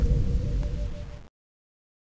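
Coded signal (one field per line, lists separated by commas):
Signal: none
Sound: computer interface beeps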